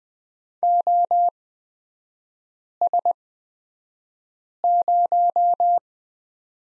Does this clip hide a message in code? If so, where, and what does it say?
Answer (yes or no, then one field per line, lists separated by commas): yes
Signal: Morse code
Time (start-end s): 0.6-5.8 s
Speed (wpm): 20 wpm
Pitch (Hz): 700 Hz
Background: none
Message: OS0